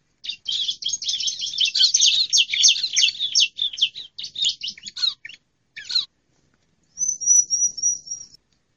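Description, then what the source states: Bar-winged prinia chattering: a long, fast run of harsh high chirps, then a pause and a thin, clear series of about five repeated whistled notes. Female bird.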